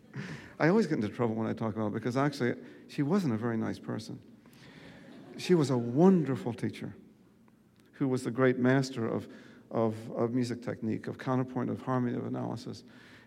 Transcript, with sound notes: I always get into trouble when I talk about her because actually she wasn't a very nice person.
(SOUNDBITE OF LAUGHTER)
She was a wonderful teacher who was a great master of music technique, of counterpart of harmony, of analysis.